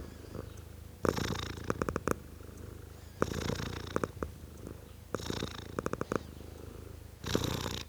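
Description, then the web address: Cat purr, a continuous low throb swelling into louder rasping bursts roughly every two seconds, with small clicks scattered through it. Tom cat purring. "BBC Sound Effects Library. Tom Cat, Purring"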